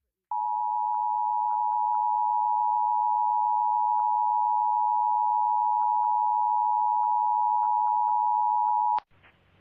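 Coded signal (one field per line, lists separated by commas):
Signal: Emergency Alert System (SAME) tones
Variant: 853 and 960 Hz attention tone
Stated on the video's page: Special Marine Warning relayed on broadcast TV station KGTV (ABC 10) and interrupting regular programming.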